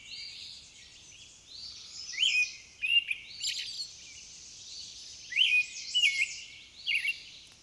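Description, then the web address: Songbird song: bright, high chirping phrases in short bursts with pauses between, several twittering notes clustered around the middle and end, over faint background hiss. "Nature Songs Nature Sounds Sounds of Nature Collection Songbirds"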